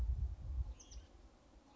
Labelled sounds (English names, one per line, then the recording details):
Hutton's Vireo
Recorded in Sonoma County, California